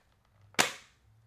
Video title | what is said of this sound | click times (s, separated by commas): ALMOST GREAT Camera Control!! - Supcase UB Mag Slim for iPhone 16 Pro Max | very nice solid click on here | 0.6 s